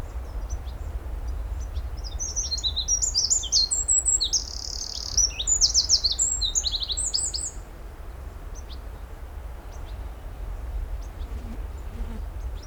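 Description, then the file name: Eurasian wren song: after a quiet start comes a loud burst of high, hurried notes and rattling trills lasting about five seconds, then only low rumbling noise. "Troglodytes troglodytes"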